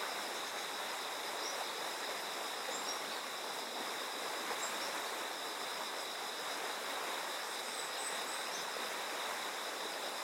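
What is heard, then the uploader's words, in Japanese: A river flows steadily with a dense, even rush of water that stays constant throughout, with little low rumble. Insects sing continuously above it in high, thin bands, with a few brief brighter chirps scattered across the recording. 心洗うような川の流れと虫の鳴き声。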